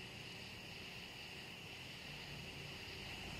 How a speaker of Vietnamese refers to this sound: Ồ, má, tự nhiên em thấy tiếng gió nha.